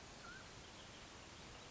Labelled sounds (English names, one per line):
Mountain Quail